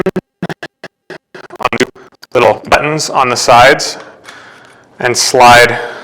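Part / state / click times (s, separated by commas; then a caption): pole middle section into end section / not seated / none. A pole middle section with spring push buttons on its sides is handled as the buttons are pressed in to slide it into the end section, giving a series of short sharp taps and clicks in the first two seconds. Someone then talks over the handling. Nothing has seated or locked into place yet.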